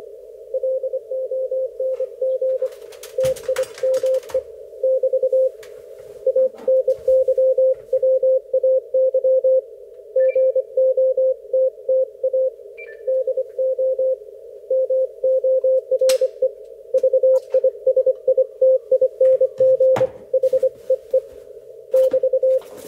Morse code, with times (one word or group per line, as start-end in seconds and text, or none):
0.5-2.7 LONG
3.2-4.4 TIME
4.8-5.5 <BT>
6.3-9.6 ANYWAY
10.2-12.5 GOTTA
13.1-14.1 DO
14.7-16.5 MORE
16.9-20.1 VISITING
20.3-21.2 HEE
21.9-22.6 <BT>